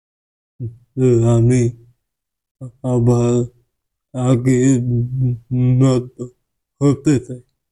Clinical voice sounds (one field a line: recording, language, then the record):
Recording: elicited speech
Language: Bengali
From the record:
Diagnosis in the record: Broca's or global aphasia after a stroke